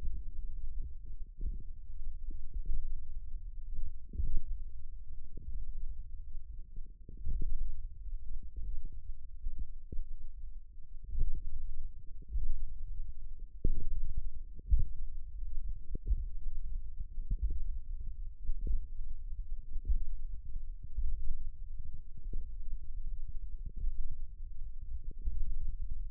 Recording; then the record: forearm muscle sounds (acoustic myography)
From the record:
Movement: finger pinch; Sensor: system 1, eight BSWA MPA416 microphones around the upper forearm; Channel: 6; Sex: female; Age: 20 years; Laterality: right